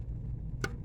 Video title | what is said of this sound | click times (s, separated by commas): 1999 Ford Explorer Alternator Replacement | Click. There it is. It's on there. | 0.6 s